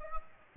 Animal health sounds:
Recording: mosquito wingbeat signal from an infrared sensor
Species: Aedes aegypti

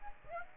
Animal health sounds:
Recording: mosquito wingbeat signal from an infrared sensor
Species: Aedes aegypti

